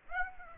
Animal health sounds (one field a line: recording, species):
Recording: mosquito wingbeat signal from an infrared sensor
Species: Aedes aegypti